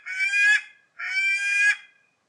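Gyrfalcon giving two harsh, drawn-out rasping calls rich in overtones, separated by a brief silence.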